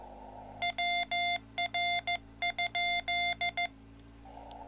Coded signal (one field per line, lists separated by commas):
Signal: Morse code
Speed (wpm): 14 wpm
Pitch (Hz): 2100 Hz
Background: none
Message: WR?